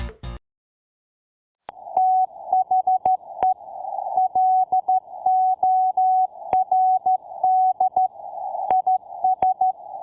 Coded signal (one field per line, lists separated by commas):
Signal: Morse code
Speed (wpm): 13 wpm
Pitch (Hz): 750 Hz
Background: none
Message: THE LORD IS